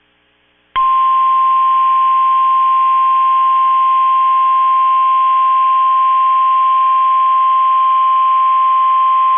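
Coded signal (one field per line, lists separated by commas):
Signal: Emergency Alert System (SAME) tones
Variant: 1050 Hz attention tone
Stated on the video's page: Severe storm alerts received from NOAA weather radio stations in Covington, Kentucky, Columbus and Miamisburg, Ohio.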